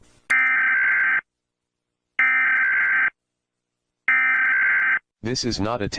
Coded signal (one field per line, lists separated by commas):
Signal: Emergency Alert System (SAME) tones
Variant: header bursts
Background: speech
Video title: eas alarm part 2